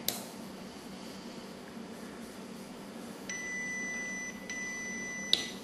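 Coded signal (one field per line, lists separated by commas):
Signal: beep code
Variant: Stubborn Dog electronic collar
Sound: room hiss, then two steady high beeps about one second each, then a click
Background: quiet room hum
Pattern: 2 long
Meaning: The collar is switched on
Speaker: and now we've got our two beeps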